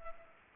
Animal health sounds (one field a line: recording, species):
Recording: mosquito wingbeat signal from an infrared sensor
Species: Culex pipiens